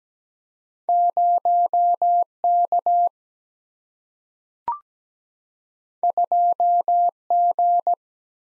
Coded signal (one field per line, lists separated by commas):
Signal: Morse code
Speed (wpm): 17 wpm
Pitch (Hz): 700 Hz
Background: none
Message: 0 K 2 G